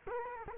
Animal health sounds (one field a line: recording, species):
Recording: mosquito wingbeat signal from an infrared sensor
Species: Culex quinquefasciatus